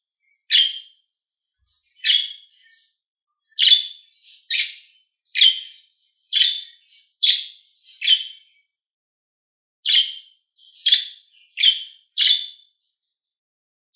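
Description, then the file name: Lovebird chattering in a steady run of many shrill chirps, with soft squeaks between them. Described as a happy lovebird. "Morgh Eshgh Khoshhal"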